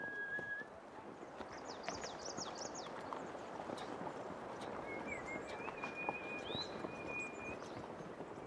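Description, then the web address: Horse hooves clopping, with high chirping bird notes and a long whistled tone over background noise. Horsemen in Songpan, Sichuan, China. "Sound Scapes China Songpan Sichuan Horsemen"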